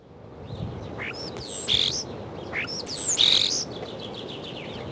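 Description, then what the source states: Common starling song with high whistled slurs rising and falling, two louder bursts of bright squeaky notes over a quiet hiss. Spring recording.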